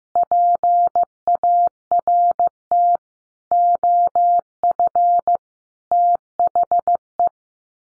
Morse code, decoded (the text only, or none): PART OF THE